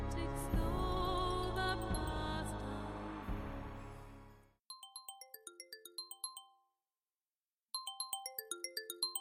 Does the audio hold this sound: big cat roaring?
no